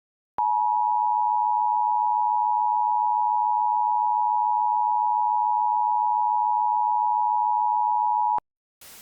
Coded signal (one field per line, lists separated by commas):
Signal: Emergency Alert System (SAME) tones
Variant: 853 and 960 Hz attention tone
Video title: EAS Scenario - The Corruption